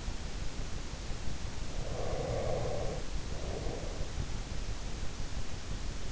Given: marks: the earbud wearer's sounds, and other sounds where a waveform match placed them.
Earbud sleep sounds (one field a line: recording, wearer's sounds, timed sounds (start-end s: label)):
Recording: sounds in sleep by an in-ear microphone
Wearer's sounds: breath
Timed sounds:
1.81-4.46 s: breath